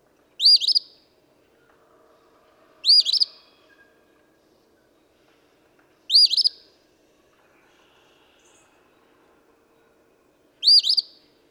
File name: Eastern Phoebe